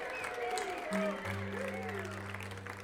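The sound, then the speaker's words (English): Audience applause for the volunteers at the Cedar venue: dense, steady clapping for about three seconds, mixed with some crowd voices, while a sustained low droning tone comes in partway through and holds underneath. “I'd like to ask for a round of applause for the volunteers at the Cedar.”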